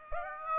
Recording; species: mosquito wingbeat signal from an infrared sensor; Aedes aegypti